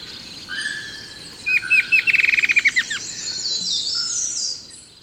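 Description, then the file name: Bird delivers a run of bright chirps that quicken into a rattle. "SABIOD 50 bird 2015"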